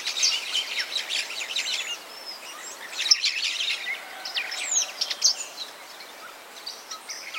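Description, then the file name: Maroon-bellied parakeet, harsh high chattering calls in dense overlapping bursts, with brief pauses near two and six seconds and a few thin whistles among them. "canto da tiriba de testa vermelha"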